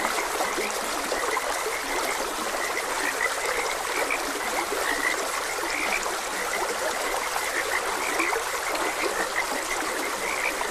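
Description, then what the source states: Frogs calling with quick repeated croaks through a constant trickle of stream water. Frogs croaking beside a gentle stream; a nature ambience recording.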